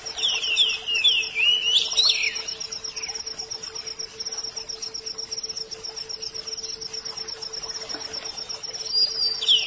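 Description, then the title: Oriental magpie-robin song: loud, varied whistled phrases sliding up and down in the first two seconds, then quieter notes until one more loud phrase at the end, over a steady high buzzy trill and a low hum. "Suara Kicauan Burung Kacer"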